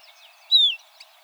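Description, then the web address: Tropeiro seedeater: a single pure whistle, slightly descending, followed by a faint short chip, over soft background bird sounds. "sound Tropeiro-seedeater. صدای-پرنده-دانه-خوار-تروپیرو"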